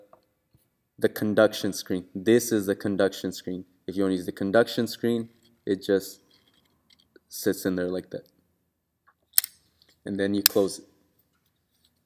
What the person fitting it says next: you close and it just clicks into place